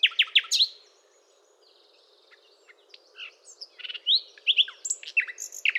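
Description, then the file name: Common nightingale song: loud rapid chirps, a pause, then a buzzy note and a varied string of slurred whistles and chips. "Luscinia megarhynchos"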